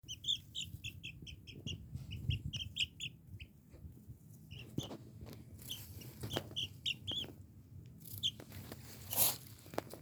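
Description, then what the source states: Silkie chicken chick peeping: quick runs of thin, high peeps in bursts over the first three seconds, then scattered peeps, with pecking and rustling sounds beneath. Smallest Silkie chick, BiwaChan, eating a grasshopper on a small lawn surrounded by trees and shrubs at Pan Cafe Ao, Aoshima beach, Miyazaki city.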